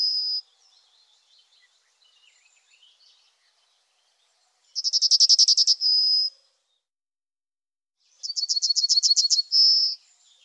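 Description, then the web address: Yellowhammer song repeated: high, rapid buzzy notes finishing on a long held tone, phrases a few seconds apart with soft twittering between them. "IVN Zangvogels Geelgors"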